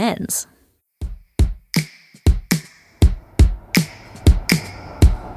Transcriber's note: upbeat thumps and snaps create upbeat motion; Melbourne tram gliding on the tracks